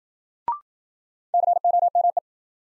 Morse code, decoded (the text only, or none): COME